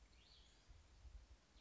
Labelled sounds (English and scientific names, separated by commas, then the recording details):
Cassin's Vireo (Vireo cassinii)
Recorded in Sonoma County, California